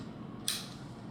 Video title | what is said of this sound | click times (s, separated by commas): Treinamento Intruções para uso da Marcapasso | na direção do coração e empurra até travar. Travou, | 0.5 s